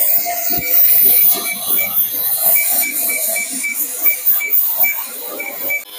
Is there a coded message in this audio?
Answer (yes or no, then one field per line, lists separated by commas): no